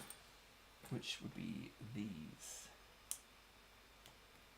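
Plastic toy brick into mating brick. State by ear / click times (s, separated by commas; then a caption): seated / 3.1 s. Someone talks while picking out the pieces the instructions call for, then presses a plastic Lego toy brick into its mating brick. A single sharp click at 3.1 s shows the bricks have seated together.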